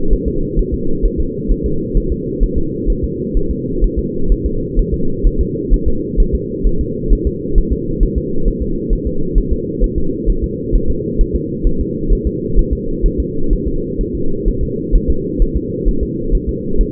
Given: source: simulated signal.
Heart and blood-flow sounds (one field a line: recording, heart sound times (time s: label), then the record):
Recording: fetal heart sounds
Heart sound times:
0.13 s: S1
0.28 s: S2
0.59 s: S1
0.74 s: S2
1.05 s: S1
1.20 s: S2
1.52 s: S1
1.66 s: S2
1.97 s: S1
2.12 s: S2
2.43 s: S1
2.58 s: S2
2.90 s: S1
3.04 s: S2
3.37 s: S1
3.51 s: S2
3.84 s: S1
3.99 s: S2
4.32 s: S1
4.46 s: S2
4.79 s: S1
4.94 s: S2
5.27 s: S1
5.41 s: S2
5.74 s: S1
5.88 s: S2
6.20 s: S1
6.35 s: S2
6.67 s: S1
6.81 s: S2
7.13 s: S1
7.27 s: S2
7.58 s: S1
7.72 s: S2
8.03 s: S1
8.18 s: S2
8.48 s: S1
8.62 s: S2
8.93 s: S1
9.07 s: S2
9.38 s: S1
9.53 s: S2
9.84 s: S1
9.98 s: S2
10.30 s: S1
10.44 s: S2
10.75 s: S1
10.90 s: S2
11.21 s: S1
11.36 s: S2
11.67 s: S1
11.81 s: S2
12.13 s: S1
12.27 s: S2
12.59 s: S1
12.73 s: S2
13.06 s: S1
13.20 s: S2
13.53 s: S1
13.68 s: S2
14.01 s: S1
14.15 s: S2
14.48 s: S1
14.63 s: S2
14.96 s: S1
15.10 s: S2
15.42 s: S1
15.57 s: S2
15.89 s: S1
16.03 s: S2
16.35 s: S1
16.49 s: S2
16.81 s: S1
From the record:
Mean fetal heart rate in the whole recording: 130 bpm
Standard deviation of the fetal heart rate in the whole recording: 2 bpm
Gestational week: 38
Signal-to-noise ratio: -8.1 dB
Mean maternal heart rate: 72 bpm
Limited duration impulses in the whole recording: absent